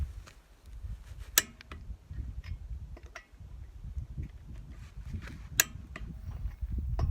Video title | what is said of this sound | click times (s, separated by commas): How To Use A Torque Wrench | so as you can hear there you can hear the click | 1.4 s, 5.6 s